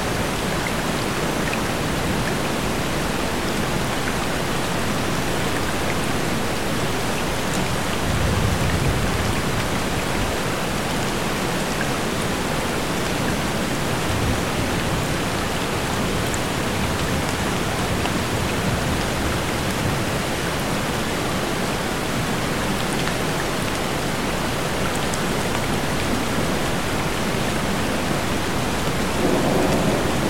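Rain and a tropical waterfall pour down in a thick, unbroken hiss that holds steady for the whole stretch. The rushing sound fills everything from low rumble to bright spray, with no pauses or distinct events, only slight shifts in the low churn.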